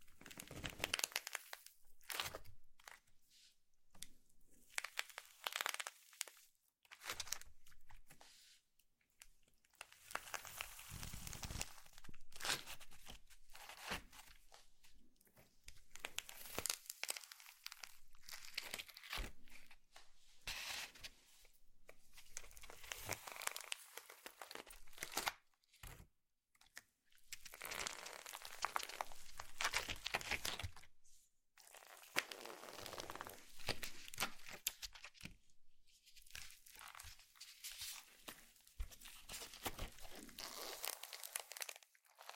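Slime being squished and stretched in dense bursts of wet crackling and crinkling, broken by short silences, with louder popping stretches around 28–35 seconds.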